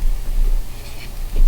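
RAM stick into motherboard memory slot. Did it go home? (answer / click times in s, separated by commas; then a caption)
no / none. A second RAM stick is slid down into the slot guides at the ends of the fourth memory slot on an MSI MEG X570 Unify motherboard, ahead of being pressed home. Faint scraping and rubbing sit over a steady low hum, with a soft brush of sound near 1.0 s and 1.4 s. Nothing has seated or clicked yet; the stick is only lined up in the slot.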